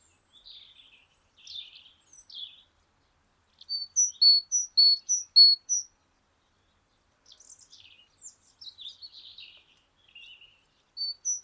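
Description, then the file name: Great tit giving a run of paired whistled notes, alternating high and lower, between patches of soft chirping and scratchy calls. "Parus major"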